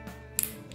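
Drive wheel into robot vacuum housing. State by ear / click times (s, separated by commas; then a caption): seated / 0.4 s. A drive wheel assembly on an iLife A6 robot vacuum is pushed back into its housing after its axle was cleaned. A sharp snap at 0.4 s, followed by a softer tick, marks the wheel seating in place over a faint background hum.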